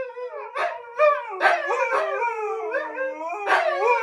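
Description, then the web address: Husky: two huskies howl together, a long steady note underneath while choppy rising and falling yowls repeat over it. Two huskies howling together as a duet inside an apartment; the neighbours are said to be shocked. "hski vie v apartamenta ssedite sa v sok duet na dve hskita"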